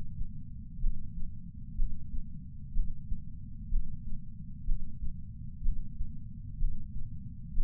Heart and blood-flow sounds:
heart sounds by patch sensor on the chest; 62 bpm
0.80 s: heartbeat
1.76 s: heartbeat
2.73 s: heartbeat
3.69 s: heartbeat
4.65 s: heartbeat
5.62 s: heartbeat
6.58 s: heartbeat
7.54 s: heartbeat
From the record:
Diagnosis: coronary artery disease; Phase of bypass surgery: preoperative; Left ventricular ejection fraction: 36.6%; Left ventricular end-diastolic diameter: 43 mm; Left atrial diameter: 33 mm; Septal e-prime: 3.9 cm/s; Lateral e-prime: 8 cm/s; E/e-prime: 10.3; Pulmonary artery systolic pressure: 22 mmHg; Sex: female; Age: 80 years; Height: 150 cm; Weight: 49 kg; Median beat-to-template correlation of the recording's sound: 0.90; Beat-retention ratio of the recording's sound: 0.98

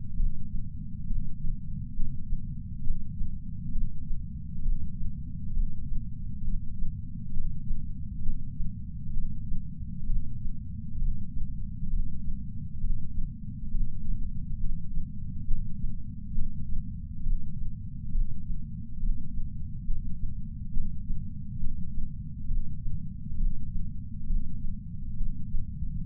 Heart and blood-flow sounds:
heart sounds by patch sensor on the chest; 67 bpm
0.17 s: heartbeat
1.07 s: heartbeat
1.96 s: heartbeat
2.84 s: heartbeat
3.73 s: heartbeat
4.63 s: heartbeat
5.54 s: heartbeat
6.45 s: heartbeat
7.34 s: heartbeat
8.23 s: heartbeat
9.14 s: heartbeat
10.07 s: heartbeat
10.99 s: heartbeat
11.90 s: heartbeat
12.82 s: heartbeat
13.72 s: heartbeat
14.60 s: heartbeat
15.47 s: heartbeat
16.35 s: heartbeat
17.24 s: heartbeat
18.12 s: heartbeat
19.00 s: heartbeat
19.87 s: heartbeat
20.73 s: heartbeat
21.60 s: heartbeat
22.48 s: heartbeat
23.38 s: heartbeat
24.27 s: heartbeat
25.17 s: heartbeat
26.05 s: heartbeat
From the record:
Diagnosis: coronary artery disease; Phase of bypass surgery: preoperative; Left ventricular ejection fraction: 50.2%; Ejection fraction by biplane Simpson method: 54%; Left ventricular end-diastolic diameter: 54 mm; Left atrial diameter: 42 mm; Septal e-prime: 4.1 cm/s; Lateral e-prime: 7.1 cm/s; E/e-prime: 7.2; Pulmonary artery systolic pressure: 19 mmHg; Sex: male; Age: 60 years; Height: 170 cm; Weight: 103 kg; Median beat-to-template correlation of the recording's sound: 0.82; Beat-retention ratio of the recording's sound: 0.99

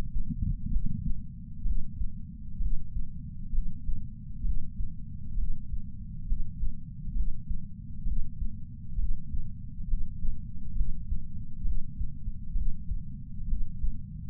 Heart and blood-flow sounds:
heart sounds by patch sensor on the chest; 66 bpm
0.69 s: heartbeat
1.63 s: heartbeat
2.58 s: heartbeat
3.51 s: heartbeat
4.42 s: heartbeat
5.35 s: heartbeat
6.25 s: heartbeat
7.13 s: heartbeat
8.04 s: heartbeat
8.96 s: heartbeat
9.86 s: heartbeat
10.74 s: heartbeat
11.63 s: heartbeat
12.53 s: heartbeat
13.46 s: heartbeat
From the record:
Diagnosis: coronary artery disease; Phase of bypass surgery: preoperative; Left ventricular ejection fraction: 47%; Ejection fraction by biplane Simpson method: 47.3%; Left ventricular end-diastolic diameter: 51 mm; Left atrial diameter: 32 mm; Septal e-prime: 4.7 cm/s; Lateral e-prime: 7 cm/s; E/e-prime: 9.1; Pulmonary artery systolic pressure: 21 mmHg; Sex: male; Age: 60 years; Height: 174 cm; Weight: 72 kg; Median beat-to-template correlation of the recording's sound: 0.91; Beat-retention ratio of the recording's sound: 0.98

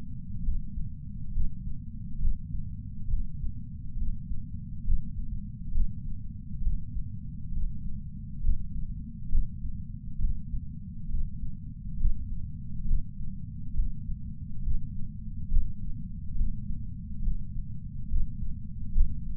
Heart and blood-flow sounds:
heart sounds by patch sensor on the chest; 68 bpm
0.42 s: heartbeat
1.31 s: heartbeat
2.19 s: heartbeat
3.07 s: heartbeat
3.96 s: heartbeat
4.84 s: heartbeat
5.71 s: heartbeat
6.61 s: heartbeat
7.51 s: heartbeat
8.40 s: heartbeat
9.29 s: heartbeat
10.18 s: heartbeat
11.08 s: heartbeat
11.97 s: heartbeat
12.85 s: heartbeat
13.73 s: heartbeat
14.61 s: heartbeat
15.48 s: heartbeat
16.35 s: heartbeat
17.21 s: heartbeat
18.07 s: heartbeat
18.92 s: heartbeat
From the record:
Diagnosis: coronary artery disease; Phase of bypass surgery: preoperative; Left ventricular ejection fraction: 64.7%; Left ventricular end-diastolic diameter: 48 mm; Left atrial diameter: 35 mm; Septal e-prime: 7.2 cm/s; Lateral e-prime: 9.9 cm/s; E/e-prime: 8.2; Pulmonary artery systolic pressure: 27 mmHg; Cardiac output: 5.5 L/min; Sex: male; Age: 75 years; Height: 167 cm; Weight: 58 kg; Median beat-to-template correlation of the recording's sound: 0.83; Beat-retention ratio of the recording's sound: 0.99

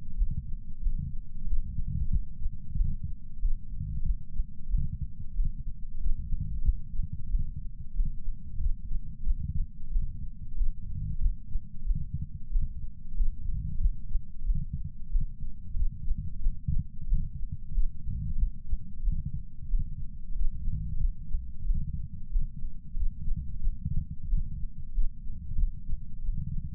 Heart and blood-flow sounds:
heart sounds by patch sensor on the chest; 92 bpm
0.16 s: heartbeat
0.81 s: heartbeat
1.45 s: heartbeat
2.08 s: heartbeat
2.75 s: heartbeat
3.39 s: heartbeat
4.03 s: heartbeat
4.68 s: heartbeat
5.34 s: heartbeat
5.98 s: heartbeat
6.62 s: heartbeat
7.29 s: heartbeat
7.94 s: heartbeat
8.58 s: heartbeat
9.24 s: heartbeat
9.90 s: heartbeat
10.55 s: heartbeat
11.19 s: heartbeat
11.85 s: heartbeat
12.50 s: heartbeat
13.14 s: heartbeat
13.78 s: heartbeat
14.44 s: heartbeat
15.09 s: heartbeat
15.74 s: heartbeat
16.40 s: heartbeat
17.07 s: heartbeat
17.72 s: heartbeat
18.36 s: heartbeat
19.02 s: heartbeat
19.68 s: heartbeat
20.33 s: heartbeat
20.98 s: heartbeat
21.64 s: heartbeat
22.30 s: heartbeat
22.94 s: heartbeat
23.60 s: heartbeat
24.27 s: heartbeat
24.92 s: heartbeat
25.56 s: heartbeat
26.22 s: heartbeat
From the record:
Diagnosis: coronary artery disease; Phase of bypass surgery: postoperative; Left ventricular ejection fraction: 63.7%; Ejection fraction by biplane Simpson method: 59.4%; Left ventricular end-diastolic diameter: 49 mm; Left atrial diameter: 35 mm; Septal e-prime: 7.3 cm/s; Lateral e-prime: 9.8 cm/s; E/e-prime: 7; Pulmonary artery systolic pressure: 20 mmHg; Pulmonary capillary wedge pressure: 4 mmHg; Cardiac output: 5.4 L/min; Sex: male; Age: 69 years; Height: 174 cm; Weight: 79 kg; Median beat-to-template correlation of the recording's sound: 0.69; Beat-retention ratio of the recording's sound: 1.00

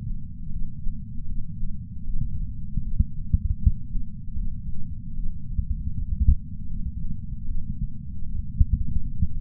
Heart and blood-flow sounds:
heart sounds by patch sensor on the chest; 78 bpm
0.51 s: heartbeat
1.27 s: heartbeat
2.05 s: heartbeat
2.83 s: heartbeat
3.60 s: heartbeat
4.37 s: heartbeat
5.15 s: heartbeat
5.92 s: heartbeat
6.69 s: heartbeat
7.46 s: heartbeat
8.24 s: heartbeat
9.01 s: heartbeat
From the record:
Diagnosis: coronary artery disease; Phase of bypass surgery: preoperative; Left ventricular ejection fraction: 51.7%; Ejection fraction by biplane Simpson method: 50.1%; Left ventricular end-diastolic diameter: 56 mm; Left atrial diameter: 44 mm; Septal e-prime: 6.6 cm/s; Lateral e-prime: 7.4 cm/s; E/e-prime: 12.8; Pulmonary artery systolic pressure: 46 mmHg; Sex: female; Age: 69 years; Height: 155 cm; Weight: 70 kg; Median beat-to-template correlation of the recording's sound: 0.76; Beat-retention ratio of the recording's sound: 0.97

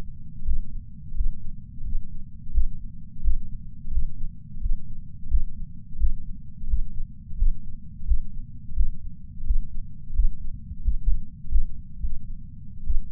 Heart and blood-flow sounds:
heart sounds by patch sensor on the chest; 87 bpm
0.45 s: heartbeat
1.15 s: heartbeat
1.84 s: heartbeat
2.52 s: heartbeat
3.22 s: heartbeat
3.91 s: heartbeat
4.61 s: heartbeat
5.29 s: heartbeat
5.98 s: heartbeat
6.67 s: heartbeat
7.37 s: heartbeat
8.06 s: heartbeat
8.74 s: heartbeat
9.44 s: heartbeat
10.13 s: heartbeat
10.83 s: heartbeat
11.49 s: heartbeat
12.00 s: heartbeat
12.84 s: heartbeat
From the record:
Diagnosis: coronary artery disease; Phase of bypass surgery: postoperative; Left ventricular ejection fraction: 53.3%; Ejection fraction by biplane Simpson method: 55.1%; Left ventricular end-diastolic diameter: 44 mm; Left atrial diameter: 43 mm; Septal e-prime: 6 cm/s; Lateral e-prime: 8.6 cm/s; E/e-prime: 11.9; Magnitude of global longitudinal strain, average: 15.4%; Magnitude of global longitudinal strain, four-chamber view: 16.2%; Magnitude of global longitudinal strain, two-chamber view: 15.5%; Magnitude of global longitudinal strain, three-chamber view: 14.5%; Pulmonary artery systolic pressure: 30 mmHg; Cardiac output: 3.65 L/min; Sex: male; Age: 64 years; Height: 175 cm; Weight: 85 kg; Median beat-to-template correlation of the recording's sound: 0.88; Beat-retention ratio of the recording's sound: 1.00

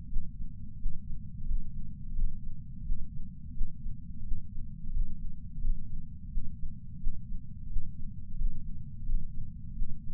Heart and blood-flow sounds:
heart sounds by patch sensor on the chest; 87 bpm
0.09 s: heartbeat
0.78 s: heartbeat
1.47 s: heartbeat
2.15 s: heartbeat
2.84 s: heartbeat
3.54 s: heartbeat
4.24 s: heartbeat
4.93 s: heartbeat
5.62 s: heartbeat
6.30 s: heartbeat
6.99 s: heartbeat
7.68 s: heartbeat
8.37 s: heartbeat
9.06 s: heartbeat
9.74 s: heartbeat
From the record:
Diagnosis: coronary artery disease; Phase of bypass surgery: preoperative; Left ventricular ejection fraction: 50.8%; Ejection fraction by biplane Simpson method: 50%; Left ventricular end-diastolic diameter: 50 mm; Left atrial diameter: 32 mm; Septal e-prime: 7.2 cm/s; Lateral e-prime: 9.1 cm/s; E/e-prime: 8.5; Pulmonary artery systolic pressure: 23 mmHg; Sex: male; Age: 65 years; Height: 170 cm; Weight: 65 kg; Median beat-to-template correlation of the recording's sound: 0.75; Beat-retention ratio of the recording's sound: 0.96

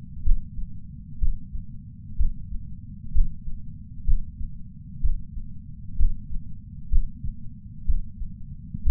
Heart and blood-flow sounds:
heart sounds by patch sensor on the chest; 63 bpm
0.24 s: heartbeat
1.20 s: heartbeat
2.18 s: heartbeat
3.13 s: heartbeat
4.06 s: heartbeat
5.02 s: heartbeat
5.98 s: heartbeat
6.91 s: heartbeat
7.87 s: heartbeat
8.84 s: heartbeat
From the record:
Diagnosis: coronary artery disease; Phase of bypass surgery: preoperative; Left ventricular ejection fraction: 60.1%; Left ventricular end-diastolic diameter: 44 mm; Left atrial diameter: 31 mm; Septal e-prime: 6.8 cm/s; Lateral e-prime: 9.8 cm/s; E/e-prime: 5.9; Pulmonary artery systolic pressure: 20 mmHg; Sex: male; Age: 60 years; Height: 167 cm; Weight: 58 kg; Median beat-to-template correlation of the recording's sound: 0.95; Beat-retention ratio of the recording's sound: 0.99

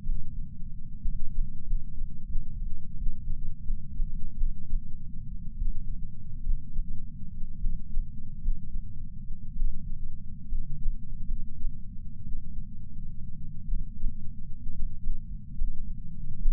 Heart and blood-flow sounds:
heart sounds by patch sensor on the chest; 70 bpm
0.02 s: heartbeat
0.98 s: heartbeat
1.64 s: heartbeat
2.24 s: heartbeat
2.94 s: heartbeat
3.62 s: heartbeat
4.36 s: heartbeat
5.54 s: heartbeat
6.42 s: heartbeat
7.58 s: heartbeat
8.40 s: heartbeat
9.54 s: heartbeat
10.46 s: heartbeat
11.26 s: heartbeat
12.22 s: heartbeat
13.64 s: heartbeat
14.44 s: heartbeat
14.98 s: heartbeat
15.54 s: heartbeat
16.40 s: heartbeat
From the record:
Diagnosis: coronary artery disease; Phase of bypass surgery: postoperative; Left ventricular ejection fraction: 41.5%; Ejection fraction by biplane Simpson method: 34.6%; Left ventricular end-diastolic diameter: 67 mm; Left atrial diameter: 53 mm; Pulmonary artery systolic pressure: 24 mmHg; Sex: male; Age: 61 years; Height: 174 cm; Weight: 80 kg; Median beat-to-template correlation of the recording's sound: 0.54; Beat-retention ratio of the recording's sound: 0.99

